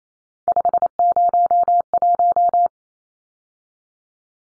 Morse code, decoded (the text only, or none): 501